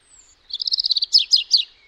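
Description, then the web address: European robin song: a high thin whistle, then a rapid series of repeated high notes and three louder sweeping twittered notes. "Deverinetal 2025 File origin Bird Only Er Ru"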